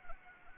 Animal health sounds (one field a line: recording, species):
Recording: mosquito wingbeat signal from an infrared sensor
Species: Anopheles arabiensis